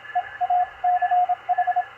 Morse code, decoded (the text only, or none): EACH